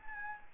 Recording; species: mosquito wingbeat signal from an infrared sensor; Anopheles gambiae